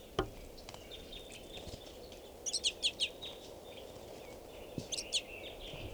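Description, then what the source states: Crossbills giving short, sharp high chips in a few quick bursts, over steady low background noise. Flock of about 40 crossbills in a tree during a mist-netting session.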